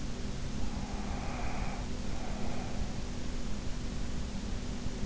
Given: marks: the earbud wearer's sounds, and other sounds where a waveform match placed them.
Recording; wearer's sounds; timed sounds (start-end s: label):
sounds in sleep by an in-ear microphone; breath
0.52-3.03 s: breath